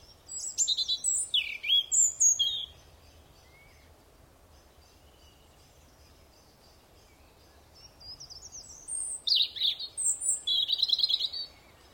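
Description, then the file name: European robin singing two separate phrases of rapid, high, sweet twittering notes, with several seconds of quiet between them. "Erithacus rubecula"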